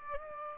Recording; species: mosquito wingbeat signal from an infrared sensor; Aedes aegypti